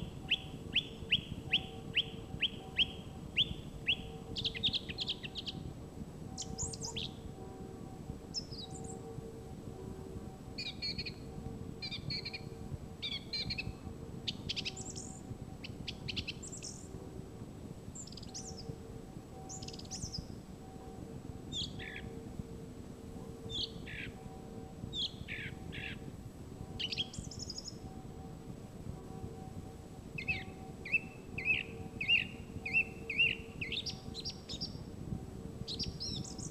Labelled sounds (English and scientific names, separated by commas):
Song Thrush (Turdus philomelos) song